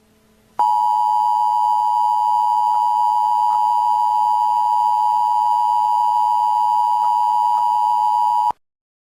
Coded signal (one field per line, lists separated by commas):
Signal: Emergency Alert System (SAME) tones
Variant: 853 and 960 Hz attention tone